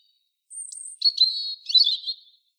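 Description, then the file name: European robin song opening with a thin, high, sustained whistle, followed by a rapid, liquid, wavering warble of varied notes that falls away at the end. "Erithacus rubecula"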